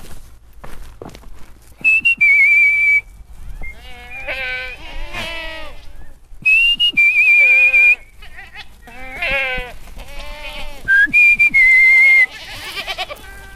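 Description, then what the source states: Goats bleating in wavering, harmonic cries, several overlapping in bursts, broken by loud sustained human whistles repeated three times. Herd of about 50 nannies, billy goats and young being moved by owner, who calls them with a whistle and leads with alfalfa, without dogs; goats reduce fire risk.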